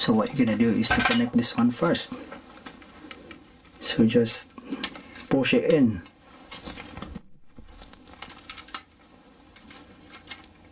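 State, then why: Seated. During reassembly of an ASUS Dual RX 6750 XT graphics card, the fan cable's small plastic connector is pushed by hand into its header on the board while someone talks. After soft handling taps, a sharp click at 8.8 s marks the connector seating in the header.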